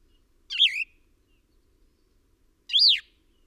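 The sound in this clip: Bird calls: two squeaky chirps, the first wavering and falling, the second an arched up-and-down note, about two seconds apart in quiet.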